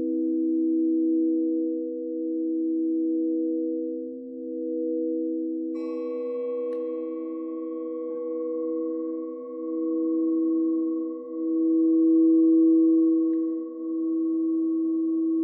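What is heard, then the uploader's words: Singing bowls hum in a steady, low drone that swells and ebbs in slow pulses every couple of seconds. Around six seconds a second, brighter bowl is struck and rings on with a clear sustained tone above the drone until the end. Soundscape singing bowls.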